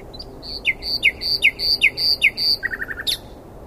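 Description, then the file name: Common nightingale song: a short opening note, then a steady run of several repeated two-part notes, then a quick lower chattering flourish ending in a high burst. "Luscinia megarhynchos"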